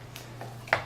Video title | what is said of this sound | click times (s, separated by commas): iPad 2 Smart Covers Review | so here is the iPad here are the magnets let's see if it autoins itself and it does it snapped | 0.7 s